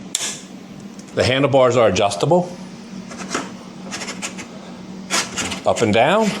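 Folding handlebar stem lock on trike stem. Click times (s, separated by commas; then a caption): 0.1 s. A folding handlebar stem lock on an Addmotor Citytan folding electric trike is lifted up into its locked position and clicks closed with a sharp metallic click at 0.1 s, seating the lock. Someone then talks over a low steady hum.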